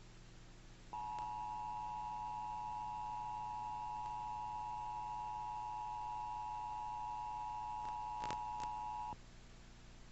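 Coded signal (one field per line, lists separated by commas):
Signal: Emergency Alert System (SAME) tones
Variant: 853 and 960 Hz attention tone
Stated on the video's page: Child abduction emergency alert on a cable television system that malfunctioned, so only part of the alert appeared.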